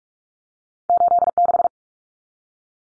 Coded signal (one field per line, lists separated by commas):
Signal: Morse code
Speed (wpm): 44 wpm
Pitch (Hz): 700 Hz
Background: none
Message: 86